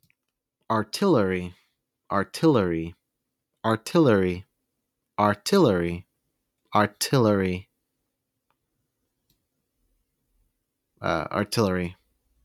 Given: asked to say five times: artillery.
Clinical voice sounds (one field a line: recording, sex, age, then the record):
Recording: repeated word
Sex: male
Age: 20 to 29 years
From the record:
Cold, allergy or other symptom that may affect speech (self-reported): no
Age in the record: 27 years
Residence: Georgia, United States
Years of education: 12